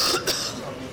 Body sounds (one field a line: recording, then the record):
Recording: coughing mixed with background sound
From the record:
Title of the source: November cold (wet coughing)